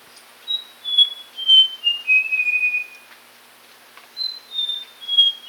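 Papuan logrunner call: a long series of piping whistles descending in pitch and ending in a drawn-out note, then a new high phrase begins.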